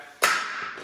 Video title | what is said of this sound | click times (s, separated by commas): BOWFLEX 5.1S STOWABLE WEIGHT BENCH! Best Foldable Adjustable Workout Bench Garage Home Gym Review | it clicks in there real good so i wouldn't worry about that | 0.2 s